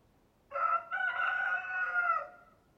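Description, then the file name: Chicken: rooster giving one full cock-a-doodle-doo, a brief opening note, then a long strained, sustained crow that fades away after about two seconds; no other sounds. Male (rooster). "Rooster Crowing Sound"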